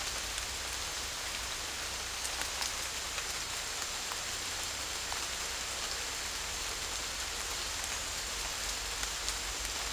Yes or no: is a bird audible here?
no